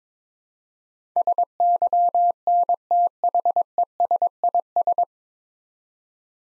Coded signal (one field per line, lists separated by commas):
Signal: Morse code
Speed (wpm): 22 wpm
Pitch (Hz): 700 Hz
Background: none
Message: SYNTHESIS